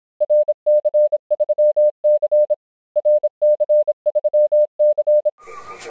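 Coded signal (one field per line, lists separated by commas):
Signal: Morse code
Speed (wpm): 26 wpm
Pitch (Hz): 600 Hz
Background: none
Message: RC3C RC3C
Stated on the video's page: Heard while monitoring 27.555 MHz USB on the CB band, using a Yagi XL-335 antenna.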